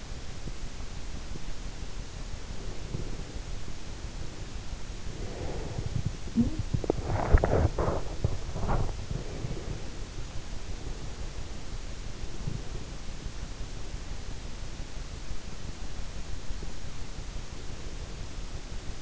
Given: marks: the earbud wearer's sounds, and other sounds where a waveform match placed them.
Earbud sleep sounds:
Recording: sounds in sleep by an in-ear microphone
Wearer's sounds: breath, talking in sleep, body movement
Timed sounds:
5.07-5.93 s: breath
6.19-6.70 s: talking in sleep
6.67-9.11 s: body movement
9.11-9.81 s: breath

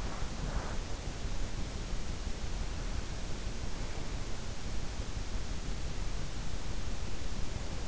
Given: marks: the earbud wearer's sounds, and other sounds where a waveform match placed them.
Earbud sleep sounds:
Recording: sounds in sleep by an in-ear microphone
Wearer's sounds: breath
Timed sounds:
0.25-1.96 s: breath

